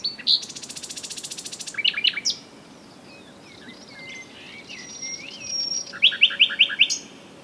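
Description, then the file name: Common nightingale song: a fast buzzing rattle, sharp chirps, then pure drawn-out whistles and a closing run of five quick repeated notes. "Luscinia megarhynchos"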